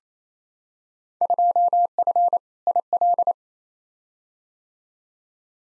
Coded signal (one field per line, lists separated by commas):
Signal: Morse code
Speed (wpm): 27 wpm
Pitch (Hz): 700 Hz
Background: none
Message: 2F IL